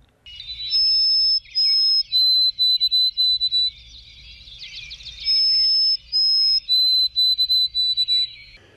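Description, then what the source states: White-throated Sparrow song: clear, pure whistles. Two long held notes are followed by a series of short repeated notes, and the whole phrase is sung twice. Male singing on July 1, 2004; song rendered as 'Oh, sweet Canada, Canada, Canada'; persists while other bird songs decline, falls silent later in the season.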